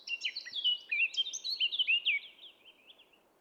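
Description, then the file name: Eurasian blackcap song, a rapid scratchy warble of mixed high notes that trails off quieter at the end. "Sylvia atricapilla"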